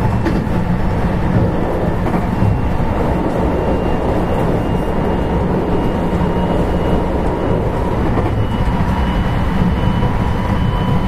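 Running sound of a JR West 223 series electric train, recorded as the train travels. A dense, steady low rumble fills the whole clip, with a faint sustained whine of motor tones on top and no clear breaks or distinct events.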